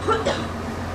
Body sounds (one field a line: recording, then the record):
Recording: coughing mixed with background sound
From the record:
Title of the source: female coughing - coughing sound effects girl